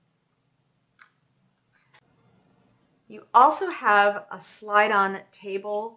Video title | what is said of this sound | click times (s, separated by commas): BEST SERGER EVER - BERNINA L890 | just I really like it that it's small and it's Compact and it clicks right into place | 1.0 s